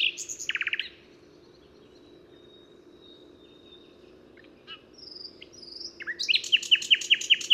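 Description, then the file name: Common nightingale song opening with a short rich phrase, followed by a thin sustained whistle and soft notes, then a loud, rapid series of repeated chirps. "Luscinia megarhynchos"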